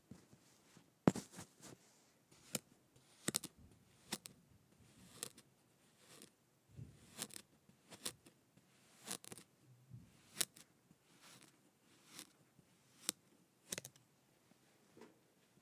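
Kinetic sand being cut, heard as sharp, crisp snips and soft crunches that come roughly every second, some in quick pairs. Between them are quiet, grainy rustles and a few low soft thuds, with near silence in the gaps.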